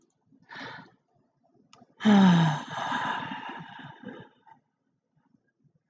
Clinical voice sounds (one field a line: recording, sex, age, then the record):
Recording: vowel held as long as possible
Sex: female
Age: 30 to 39 years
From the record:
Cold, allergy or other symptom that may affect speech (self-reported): no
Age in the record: 37 years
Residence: Massachusetts, United States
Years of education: 13